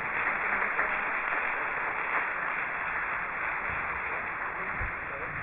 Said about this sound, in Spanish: Démosle un aplauso a estos jóvenes.